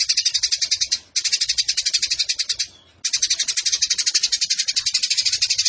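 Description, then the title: Eurasian tree sparrow chattering song: a fast, even stream of high, sharp chirps, a short burst, a brief break, a second burst, another brief pause, then a long unbroken run. Fighting-mode chatter with long rapid bursts and a clear voice, used as a tutor recording for training competition songbirds. "GEREJA TARUNG NEMBAK PANJANG SUARA JERNIH MASTERAN WAJIB BURUNG LOMBA"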